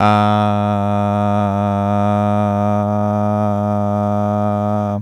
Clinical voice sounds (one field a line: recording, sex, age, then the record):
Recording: sustained vowel /a/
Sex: male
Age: 20 to 29 years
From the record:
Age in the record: 22 years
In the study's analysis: included